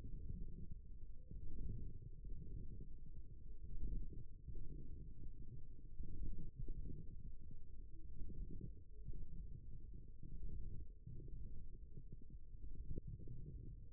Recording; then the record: forearm muscle sounds (acoustic myography)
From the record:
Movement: wrist flexion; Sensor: system 1, eight BSWA MPA416 microphones around the upper forearm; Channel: 7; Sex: male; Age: 54 years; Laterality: right